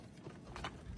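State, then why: Seated. Two halves of a waterproof solar panel cable connector, a plastic housing with a metal pin, are pushed together by hand over a steady low background hiss. Two quick, sharp snaps land close together at 0.6 s and 0.6 s as the connector seats into its mating connector, and it is snapped into place.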